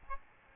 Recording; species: mosquito wingbeat signal from an infrared sensor; Aedes albopictus